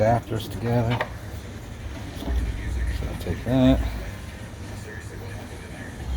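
A headlight wiring adapter plug for a 7-inch LX-Light Cree LED headlight on a Jeep JK is handled next to the vehicle's headlight harness connector while someone talks. Only low rustling and faint handling noise are heard under the voice, with no sharp transients. Nothing has seated or clicked yet.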